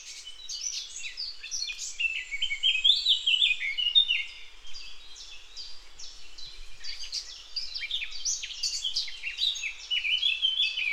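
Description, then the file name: Eurasian blackcap song: a long, hurried run of scratchy, chattering notes mixed with brighter whistled phrases, continuous throughout, with a quieter stretch from about four and a half to seven seconds. "Sylvia atricapilla"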